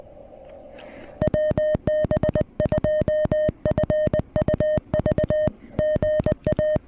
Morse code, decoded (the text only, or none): WB2FUV GA